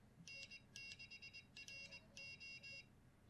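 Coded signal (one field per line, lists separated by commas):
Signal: Morse code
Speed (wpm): 20 wpm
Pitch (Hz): 2750 Hz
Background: none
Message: N6RO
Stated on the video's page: CW practice with Iambic Master software and a WinKeyer USB external keyer.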